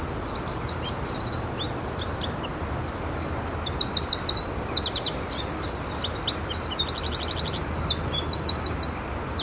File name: Troglodytes troglodytes